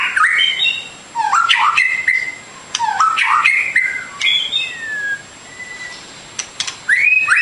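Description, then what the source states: Bird song, short looping whistled phrases that dip and rise, coming in bursts with quiet gaps. Masteran training recording of bird song, complete version.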